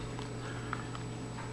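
A PLS Grade 2 Entry Function lever lock chassis is lined up with the through-bolt threads, gently rocked and pushed into the door bore. Soft knocks sound at 0.2 s and 1.0 s over a steady hum, and a short sharp click at 0.7 s marks the chassis seating in the door.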